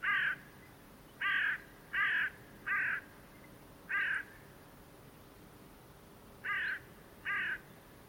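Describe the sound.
Bird calls: harsh, nasal caws given singly at irregular intervals, seven in all, with a quiet hissing background.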